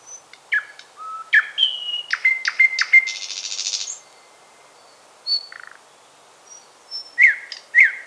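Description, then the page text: Thrush nightingale singing a mix of sharp clicks, clear whistles and a dry rattling buzz, then sparse whistled notes and short chirps after a pause. "Thrush Nightingale Song. Quick Sounds"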